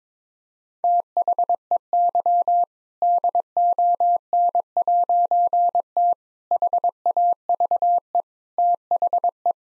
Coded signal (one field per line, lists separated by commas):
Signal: Morse code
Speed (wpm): 22 wpm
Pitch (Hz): 700 Hz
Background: none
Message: THEY DON'T HAVE THE